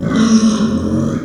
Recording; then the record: squeal of a Yucatan mini pig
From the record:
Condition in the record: after surgery on the right vocal fold (resection and tissue-engineered implant); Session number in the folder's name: 9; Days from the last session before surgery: 65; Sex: female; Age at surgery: 19 weeks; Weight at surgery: 25 kg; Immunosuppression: prednisolone